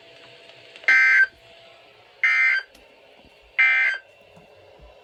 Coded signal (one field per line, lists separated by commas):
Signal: Emergency Alert System (SAME) tones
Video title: 4 Severe Thunderstorm Warnings (4/16/17) (EAS #119-122)